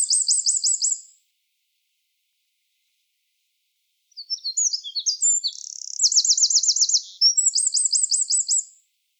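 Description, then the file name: Eurasian wren song: a brief, very high rapid trill, then after a three-second pause a long burst of sharp jumbled notes running into loud, fast rattling trills. "Troglodytes troglodytes"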